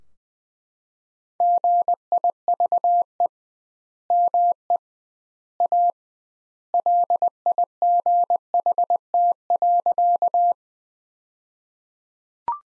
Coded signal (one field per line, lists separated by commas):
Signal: Morse code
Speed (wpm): 21 wpm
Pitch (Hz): 700 Hz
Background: none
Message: GIVE ME A LIGHT.